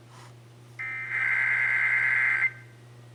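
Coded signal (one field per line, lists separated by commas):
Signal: Emergency Alert System (SAME) tones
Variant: header bursts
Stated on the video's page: AMBER Alert child abduction emergency EAS tones broadcast by radio station KFWR-FM.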